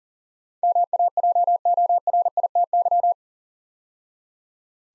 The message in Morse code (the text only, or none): MAJORITY